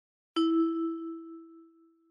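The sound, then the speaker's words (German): A single bright chime tone, the signal in a German language listening exercise, struck once after brief silence, ringing at a steady mid pitch with shimmering overtones and slowly fading over about two seconds. No voices. “Hören Sie nun die Sätze und ergänzen Sie das passende Satzzeichen nach dem Signal.”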